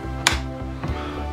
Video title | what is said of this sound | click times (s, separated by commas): How to Clean Shark Anti Hair Wrap Cordless Stick Vacuum Cleaner IZ201UK | Just line that up there and you should feel, you'll get a nice click. | 0.3 s